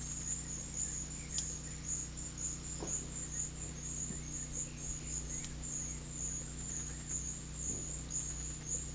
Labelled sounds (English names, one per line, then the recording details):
none
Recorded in pastures near Puerto Asís, Putumayo, Colombia, on 21 March 2025 at 14:00
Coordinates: 0.505, -76.324
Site GP08